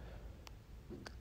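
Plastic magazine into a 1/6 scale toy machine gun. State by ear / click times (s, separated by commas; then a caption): not seated / none. A plastic magazine is flipped around and fitted into the toy machine gun of a Hot Toys T800 Battle Damaged Version 1/6 scale figure, with two brief, bright contact taps at about 0.5 s and 1.1 s over a low steady hum. The magazine does not lock into place and just sits in the gun; nothing has seated or clicked yet.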